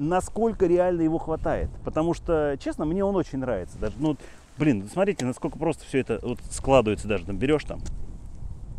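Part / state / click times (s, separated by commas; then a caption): electric scooter stem folding latch / not seated / none. Someone talks throughout while handling a Midway electric scooter's stem and its metal folding latch as the scooter is being folded. The stem has not yet locked, and the latch has not clicked into place.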